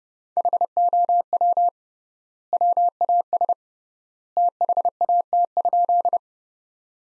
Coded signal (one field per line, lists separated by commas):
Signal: Morse code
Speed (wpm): 30 wpm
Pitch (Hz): 700 Hz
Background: none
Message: HOW WAS THAT?